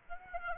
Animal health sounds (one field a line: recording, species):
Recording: mosquito wingbeat signal from an infrared sensor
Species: Aedes albopictus